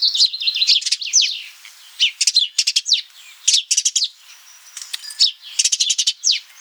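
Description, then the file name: House sparrow chirps in lively clusters of sharp, descending notes, several rapid rattling runs between brief pauses, continuing throughout against a quiet background. "Passer domesticus"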